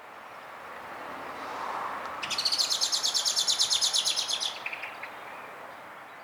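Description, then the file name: Common blackbird chattering: a fast, even rattle of harsh notes for about two seconds, then a couple of trailing notes over steady background hiss. "Turdus merula"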